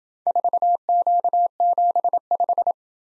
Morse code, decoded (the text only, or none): 4Q75